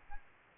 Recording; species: mosquito wingbeat signal from an infrared sensor; Aedes albopictus